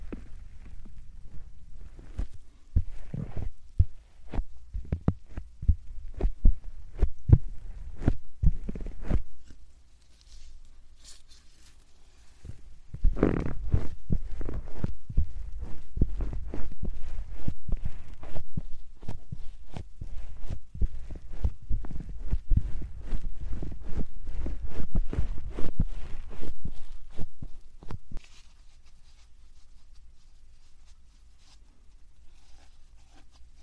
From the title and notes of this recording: 말없이 3가지의 퍼프로 귀를 토닥토닥 해드려요 puff sound.